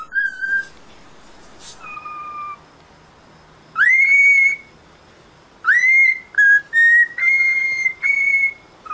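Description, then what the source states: Cockatiel whistling: softer level notes at first, then loud rising whistles followed by a string of sustained bright tones. Song for training cockatiels.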